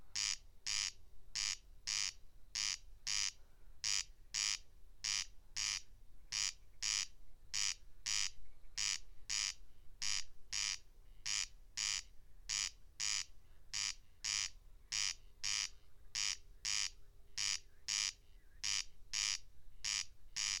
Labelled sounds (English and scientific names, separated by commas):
Corn Crake (Crex crex) song